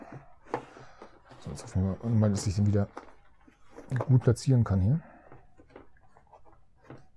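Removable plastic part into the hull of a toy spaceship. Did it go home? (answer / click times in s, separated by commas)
no / none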